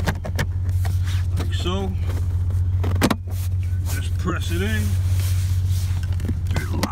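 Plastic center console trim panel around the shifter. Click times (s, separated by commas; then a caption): 6.8 s. Someone talks while a plastic center console trim panel around the shifter of a 2006 Jeep Grand Cherokee (WK) 3.7 is fitted: its tab is tucked underneath and the panel is pressed in, with scattered light plastic taps over a steady low hum. A sharp click at 6.8 s marks the trim piece locking into place, seated.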